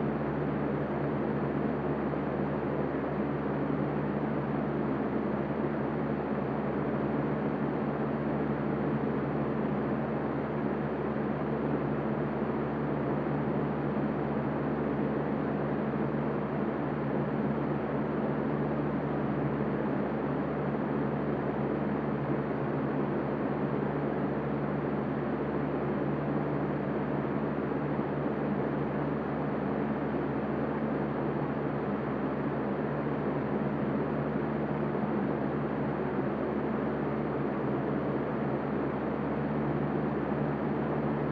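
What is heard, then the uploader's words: A gentle, unbroken hum of white noise holds perfectly steady for the whole stretch, with no events or changes in level. The sound is full and warm, weighted toward the low end with a faint droning tone underneath, like an engine or cabin. SUBLIME FAN SOUNDS FOR DEEP SLEEP. The gentle hum of white noise.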